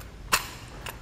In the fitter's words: we're gonna do is push that in until we hear it click right